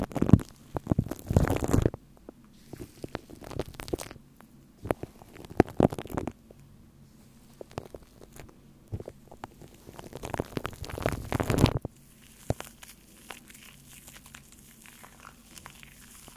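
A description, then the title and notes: Scratching and rubbing on a microphone, with dense bursts of crackly, crinkling noise at the start, around five to six seconds, and again near ten to twelve seconds. Between bursts, quieter scattered clicks and scrapes sit over a low steady hum. Different Mic Scratching & Rasierschaum.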